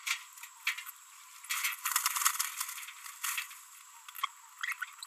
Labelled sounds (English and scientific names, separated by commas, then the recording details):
Green-rumped Parrotlet (Forpus passerinus) babbling
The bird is a female
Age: 28 days
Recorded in a nest box in Venezuela
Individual 17B42B2